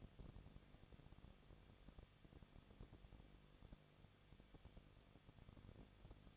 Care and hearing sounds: daily activity, microphone in the room; no activity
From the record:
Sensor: 4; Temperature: 23.0 degrees Celsius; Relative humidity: 34.2%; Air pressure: 1007.4 hPa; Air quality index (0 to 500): 212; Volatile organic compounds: 14 ppm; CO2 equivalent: 2442 ppm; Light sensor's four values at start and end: 2/3/1/1 and 2/3/1/1

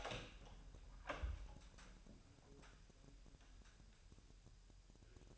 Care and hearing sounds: daily activity, microphone in the room; open door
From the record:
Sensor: 2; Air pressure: 1001.1 hPa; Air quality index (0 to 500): 249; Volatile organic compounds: 95 ppm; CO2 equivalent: 3718 ppm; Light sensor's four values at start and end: 9/22/9/9 and 9/23/9/9

